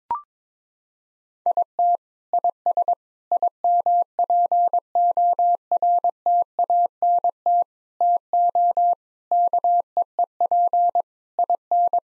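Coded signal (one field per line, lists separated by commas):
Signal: Morse code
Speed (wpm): 22 wpm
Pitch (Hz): 700 Hz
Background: none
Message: IT IS IMPORTANT TO KEEP IN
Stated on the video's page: Morse practice: sets of 8 common English words at 22 wpm for head-copy, each word group sent in Morse twice.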